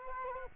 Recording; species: mosquito wingbeat signal from an infrared sensor; Culex quinquefasciatus